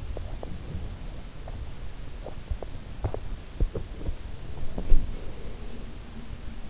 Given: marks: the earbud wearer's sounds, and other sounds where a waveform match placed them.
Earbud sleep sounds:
sounds in sleep by an in-ear microphone; teeth grinding, body movement
0.00-4.46 s: teeth grinding
4.11-6.69 s: body movement

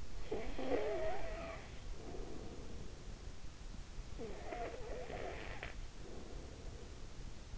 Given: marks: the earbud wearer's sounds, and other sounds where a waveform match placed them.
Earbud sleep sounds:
sounds in sleep by an in-ear microphone; snoring breath
0.00-3.46 s: snoring breath
3.92-7.15 s: snoring breath

